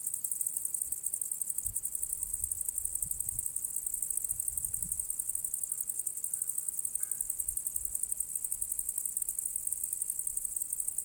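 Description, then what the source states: Cricket: high, continuous insect chirping with fast even pulses, over quiet background with a few soft low thumps. Recorded on the southern slope of the path to the Cosilinium archaeological area; Zoom H6 recorder with MS capsule.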